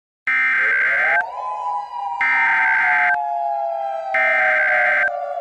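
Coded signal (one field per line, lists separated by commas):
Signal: Emergency Alert System (SAME) tones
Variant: header bursts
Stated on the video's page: Fictional joke alert scenario with valid tones.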